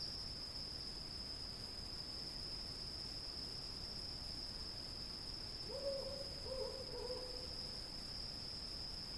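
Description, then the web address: Cricket trilling on one constant high pitch, with three soft low hoots around six to seven seconds. "сверчки"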